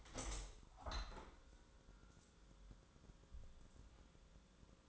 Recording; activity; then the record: daily activity, microphone in the room; open window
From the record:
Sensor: 3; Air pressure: 1000.4 hPa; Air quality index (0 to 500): 168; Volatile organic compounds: 3 ppm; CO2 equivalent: 1454 ppm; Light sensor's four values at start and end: 13/34/13/15 and 14/36/14/16